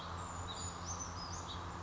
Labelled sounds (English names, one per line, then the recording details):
Brown Creeper
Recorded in Sonoma County, California